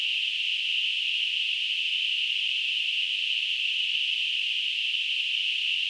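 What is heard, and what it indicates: A steady, unbroken high-pitched hiss, concentrated in a narrow band around 3 kHz, holds at a constant level for about six seconds. It is a simulated tinnitus sound, imitating the continuous ringing or hissing a person with tinnitus hears.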